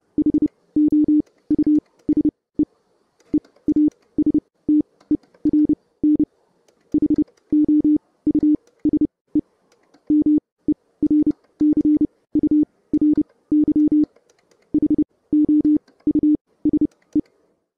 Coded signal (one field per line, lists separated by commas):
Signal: Morse code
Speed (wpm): 30 wpm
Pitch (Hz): 300 Hz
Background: none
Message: HOUSE EASTERN HOUSE MERCURY HOUSE